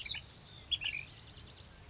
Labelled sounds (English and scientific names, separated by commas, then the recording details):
Ash-throated Flycatcher (Myiarchus cinerascens)
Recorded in Sonoma County, California